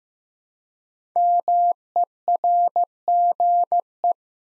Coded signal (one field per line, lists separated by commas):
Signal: Morse code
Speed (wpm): 15 wpm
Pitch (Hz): 700 Hz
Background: none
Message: MERGE